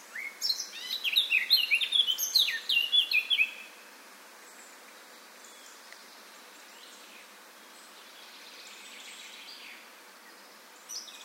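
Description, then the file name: Eurasian blackcap singing a rapid, varied warble of scratchy notes and bright whistles for about three seconds, followed by a long quiet stretch and a brief note at the end. "Sylvia atricapilla"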